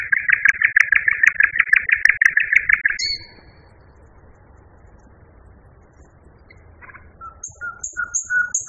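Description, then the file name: Common nightingale song opening with a fast loud rattle of repeated notes for three seconds, silence, then short clear whistled notes rising in volume. Nightingale song variation. "kicauan-nightingale-b-variasi 5-omkicau"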